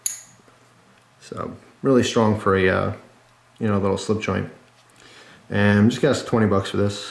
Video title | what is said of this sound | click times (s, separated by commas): Kn!ves 4 $ale...October 2012 | nice uh nice back spring on this one too you I mean you can hear the snap | 0.1 s